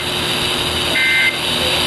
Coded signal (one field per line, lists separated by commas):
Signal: Emergency Alert System (SAME) tones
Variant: end-of-message bursts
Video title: A CURSED EVENT.... | EAS Alerts from 7/16/24 | EAS#908-1,011